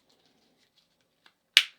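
The second plastic clip plate on an elastic headband of a Nitecore NU25 headlamp is pressed down into the headlamp's metal hinge mount. A sharp, bright snap comes at 1.6 s, preceded and followed by faint small ticks, and the clip plate is seated on the mount.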